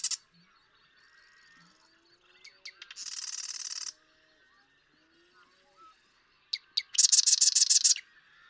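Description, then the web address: Marsh Wren song: a buzzy mechanical rattle, then a pause with a few soft ticks and quiet notes, then a sharper, brighter rattling trill. "birdsongforthecurious Marsh Wren"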